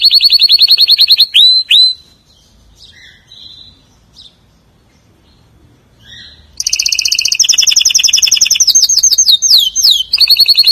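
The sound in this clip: Canary song: a fast buzzy trill and a few slurred notes, a quiet gap of soft chips, then a loud pulsed trill returning with sweeping downslurs.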